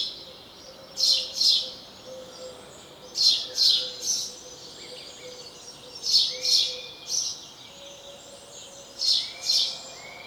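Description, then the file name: House sparrow chirping, sharp chirps mostly in pairs, repeated every few seconds, with faint lower notes in the background. "Passer domesticus"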